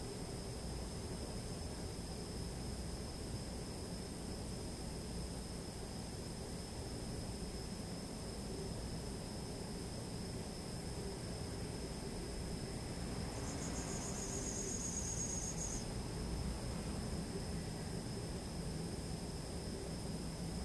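An autumn evening ambience: steady, high insect trilling runs unbroken in several thin bands throughout. A low, even rumble like passing vehicles sits underneath, and around 13 to 16 seconds a brighter, buzzier chirp joins before fading out.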